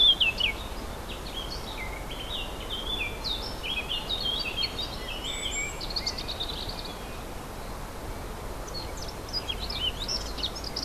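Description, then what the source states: Warbler song: fast, scratchy chattering phrases with quick up-and-down notes, in bursts at the start, through the middle and again near the end, over a steady background hiss. Warblers recorded on 4 May 2011 with an MZ-N710 recorder.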